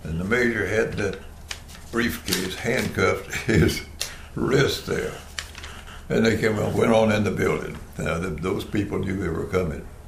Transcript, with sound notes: and the major had a briefcase handcuffed to his [Chuckling] wrist there, and they came out, went on in the building, and now the, those people knew they were coming,